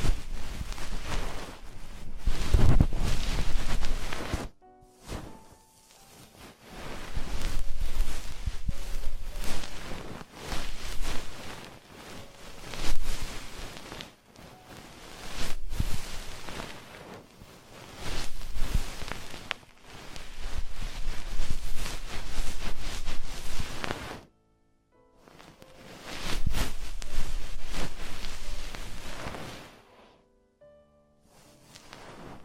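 Ear cleaning brings rough scratching and rustling that swells and fades in waves every few seconds, with brief silences and a low thump early.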